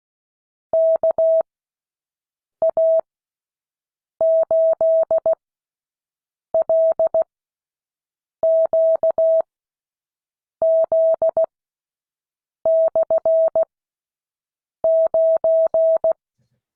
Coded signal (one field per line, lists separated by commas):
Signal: Morse code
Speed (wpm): 16 wpm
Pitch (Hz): 650 Hz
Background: none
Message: KA8LQZ/9